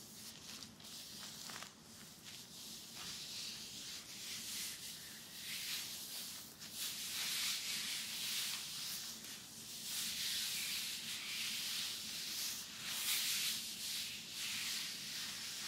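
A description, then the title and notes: Bright scratching and rubbing of hair and fabric, like fingers working through hair or across a back. Strokes come in quick, uneven bursts that grow denser and louder after about six seconds, over a faint low hum throughout. TimASMR-Real Person Hair Play, Back Tracing, Scratching & Massage (NO TALKING).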